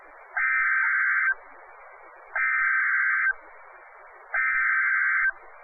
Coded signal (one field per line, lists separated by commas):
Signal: Emergency Alert System (SAME) tones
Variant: header bursts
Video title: Hurricane Sandy alerts - October 24, 2012 (EAS #649-653)